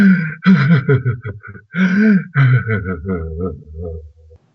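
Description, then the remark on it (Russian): A voice imitates crying to demonstrate a cleansing-cry breathing exercise: a run of wavering, sob-like vocal bursts broken by sharp gasping breaths, rising and falling in pitch before trailing off into a low, quiet moan. “Можно так несколько раз вздохнуть, и вот вам это дыхательное упражнение. Это называется пробуживание.”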